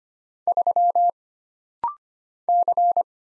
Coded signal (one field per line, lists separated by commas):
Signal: Morse code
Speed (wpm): 25 wpm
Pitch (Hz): 700 Hz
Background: none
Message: 3 C